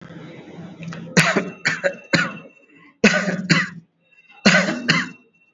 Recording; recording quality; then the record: shallow voluntary cough; excellent, no background noise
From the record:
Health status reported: recovered from COVID-19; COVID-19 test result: positive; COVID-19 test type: RT-PCR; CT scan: taken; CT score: 20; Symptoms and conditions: none ticked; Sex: male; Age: 57 years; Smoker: no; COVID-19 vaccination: none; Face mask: not worn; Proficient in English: yes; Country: India